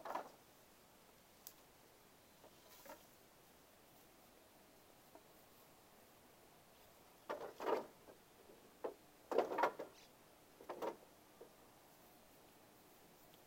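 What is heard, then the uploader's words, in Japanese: Dry wooden knocks and clacks. A few sparse taps come early, then a denser cluster of sharp, hollow knocks around seven to eleven seconds, some in quick pairs. Between hits there is only faint hiss. 晴れ。夕方17時少し薄暗くなってきた。イネの天日干しの脱穀を終え、イネを干すために使った棒(ハゼ棒)を屋根の下に片付ける。乾いた木の音が心地よい。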